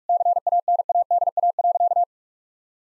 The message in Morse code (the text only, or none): CANADA.